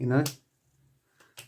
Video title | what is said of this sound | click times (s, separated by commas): UMAREX Browning Buck Mark URX Inner Barrel Cleaning! | When you put it back like that, it's just a lovely positive click, | 1.4 s